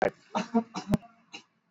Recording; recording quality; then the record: heavy voluntary cough; poor, much background noise or distortion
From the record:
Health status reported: exposed to COVID-19, no respiratory illness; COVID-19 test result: not tested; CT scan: not taken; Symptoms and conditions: none ticked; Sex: male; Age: 24 years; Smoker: no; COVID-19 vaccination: both doses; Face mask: worn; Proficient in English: yes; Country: India